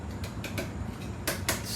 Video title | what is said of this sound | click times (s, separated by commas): How to put together the FLEXiO 4000 Wagner power sprayer | bit up and it unlocks okay easy and you do the same thing with this one | 1.3 s, 1.5 s